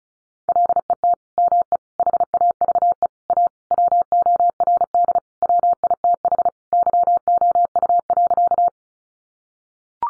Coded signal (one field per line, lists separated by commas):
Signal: Morse code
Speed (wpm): 34 wpm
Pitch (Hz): 700 Hz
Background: none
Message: LET ME HAVE A WORD WITH YOU.